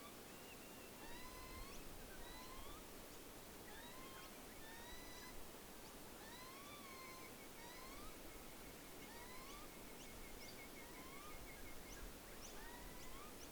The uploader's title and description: Menindee Lakes. Recorded overnight in late 2020, featuring many bats, insects, a few nightjar, and some Wood Ducks.